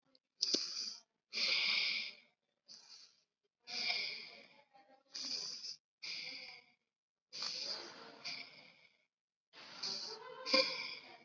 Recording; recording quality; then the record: deep breathing; excellent, no background noise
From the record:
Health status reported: COVID-19 positive, mild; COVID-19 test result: positive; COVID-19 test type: RT-PCR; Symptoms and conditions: cough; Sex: female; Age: 19 years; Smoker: no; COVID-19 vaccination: both doses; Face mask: worn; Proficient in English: yes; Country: India